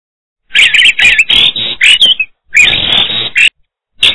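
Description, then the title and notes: Bird chirps: bursts of sharp, high twittering notes with short pauses between groups, harsh and loud. Bird songs from Indonesia. "Kicau Burung Indonesia"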